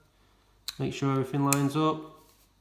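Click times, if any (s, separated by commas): none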